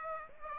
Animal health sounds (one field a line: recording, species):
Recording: mosquito wingbeat signal from an infrared sensor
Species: Aedes aegypti